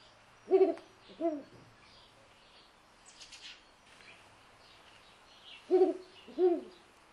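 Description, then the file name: Ural owl giving deep hoots in pairs, one pair early and another about five seconds later. "Uralensis"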